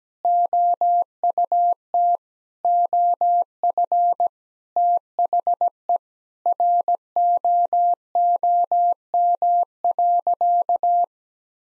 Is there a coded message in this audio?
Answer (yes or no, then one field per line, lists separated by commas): yes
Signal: Morse code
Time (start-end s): 0.2-11.0 s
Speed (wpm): 17 wpm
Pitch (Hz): 700 Hz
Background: none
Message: OUT OF THE ROOM.